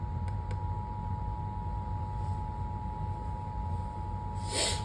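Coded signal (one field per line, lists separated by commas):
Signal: Emergency Alert System (SAME) tones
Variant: 853 and 960 Hz attention tone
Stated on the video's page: Severe thunderstorm warning SAME tones received on NOAA weather radio.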